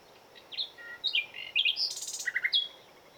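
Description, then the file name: Common nightingale song phrase: sharp whistled notes jumping between pitches, a dense buzzy high trill, then a quick run of repeated chirps; faint background hiss. "Luscinia megarhynchos"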